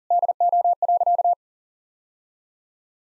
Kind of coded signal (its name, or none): Morse code